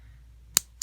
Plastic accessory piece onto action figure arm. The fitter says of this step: the one like that you'll hear them snap into place when